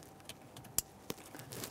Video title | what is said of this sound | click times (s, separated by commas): How to Replace Rear Valve Cover 2007-2013 Acura MDX (3.7L V6) | got a nice click from that one as well double checking to make sure it's secured | 0.8 s